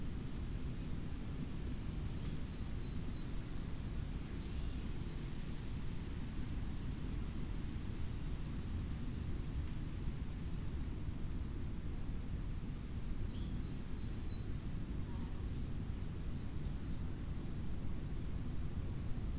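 Wind rushes steadily through an oak and hickory stand, a dense low roar that holds level for the whole stretch without clear gusts. A thin, high insect-like whine runs constantly above it, and faint short chirps surface near three and fourteen seconds.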